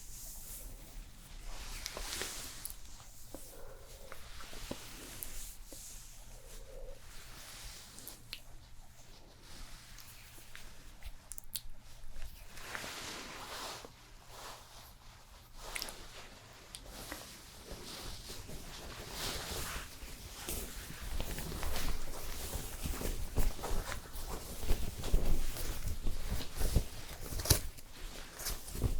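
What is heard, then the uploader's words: Crackly haircut sounds fill the clip: dense rustling and scraping with quick snips and brushes repeating irregularly. A low, steady motor hum runs underneath for the first eighteen seconds, then fades as the scratchy handling grows louder and busier toward the end. ASMR SUPER Realistic Haircut and Shaving (Recorded Actual Sounds Layered) NO TALKING.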